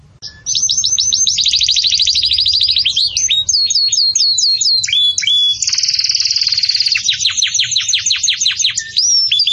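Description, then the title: Belgian canary song, sustained high trills and rolling repeated notes that change pace, with a steady buzzy passage and descending sweeps near the end. Belgian canary singing in the campainha (bell) song style, used for training young chicks to sing. "Belíssimo Canto Do Canário Belga Campainha Para Encarte De Filhotes"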